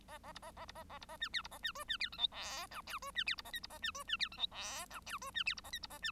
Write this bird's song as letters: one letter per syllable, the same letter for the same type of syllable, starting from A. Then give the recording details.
A A B A A B A A B A C D B A C E C D F G H I J E C D B A K B A C E C D F G H I J E C D B A K B A C. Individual Bird1